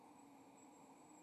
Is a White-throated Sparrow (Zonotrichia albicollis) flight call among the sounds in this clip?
no